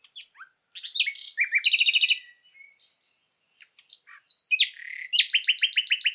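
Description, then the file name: Common nightingale song: varied phrases of whistles, rapid buzzy trills and repeated chirps, a pause midway, then a fast rhythmic stuttering series of notes. "Luscinia megarhynchos"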